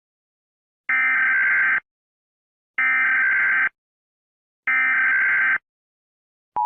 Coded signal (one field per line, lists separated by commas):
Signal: Emergency Alert System (SAME) tones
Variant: header bursts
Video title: Eas mock: Sarah and duck